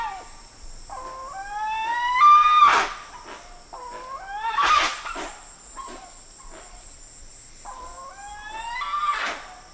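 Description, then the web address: Spix's guan uttering rising, harmonic whining yelps that climb in pitch and end in loud harsh bursts, three phrases spaced a few seconds apart. Eastern Lowlands of South America. "Natures Songs S America Eastern Lowlands. Spix's Guan"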